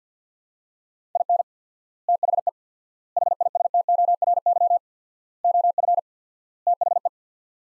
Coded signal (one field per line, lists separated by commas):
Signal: Morse code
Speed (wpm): 50 wpm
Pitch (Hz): 700 Hz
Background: none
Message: IN THE HISTORY OF THE